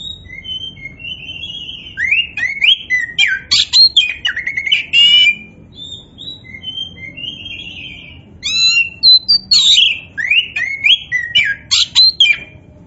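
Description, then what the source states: Oriental magpie-robin song: loud varied whistles, rising and falling slurs, harsh buzzy notes and rapid clicks in bursts, with a quiet pause midway before the phrases resume. Oriental magpie-robin (kacer), poci form, singing vigorously (gacor).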